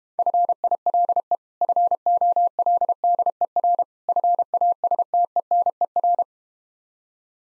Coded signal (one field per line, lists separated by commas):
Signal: Morse code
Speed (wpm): 31 wpm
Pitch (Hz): 700 Hz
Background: none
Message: FILE FOLDER FASTENER